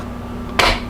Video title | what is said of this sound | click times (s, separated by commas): DIY Shredded Cheese & Freezer Storage | So you're just going to line those up and slide that handle on until you hear it click. | 0.6 s